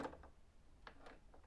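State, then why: Not seated. A part, likely the blade holder, is being reinserted into a Brother ScanNCut DX electronic cutting machine after the machine failed to work because the part had not been clicked all the way in. Soft plastic ticks and taps are heard, with a sharper tick at about 0.9 s and more light handling after it. The clip ends before the part goes home, and nothing has seated or clicked in yet.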